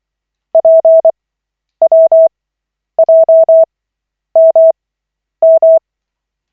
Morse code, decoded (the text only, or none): PWJMM